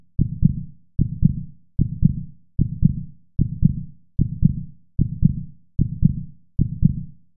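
Heartbeat sound of an adult heart.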